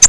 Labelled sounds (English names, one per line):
Virginia's Warbler flight call